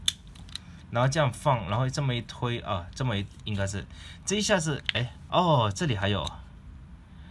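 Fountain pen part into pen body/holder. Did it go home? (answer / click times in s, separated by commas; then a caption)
yes / 0.1 s. A plastic part of a cheap Maped quick-load fountain pen is pressed into the pen body and snaps into place with a sharp, loud click at 0.1 s. A few faint ticks follow before someone talks for the rest of the clip.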